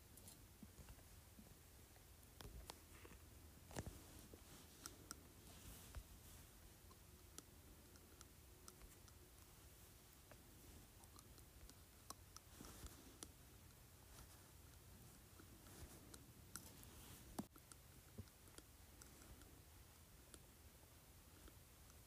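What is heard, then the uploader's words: A glass cup clinks against teeth in a loose series of sharp, bright taps, some isolated and some in quick clusters, with the loudest strikes near four, twelve and seventeen seconds. A low steady hum and faint rustling fill the gaps between clicks. ASMR Glass Cup Clinking on my Teeth.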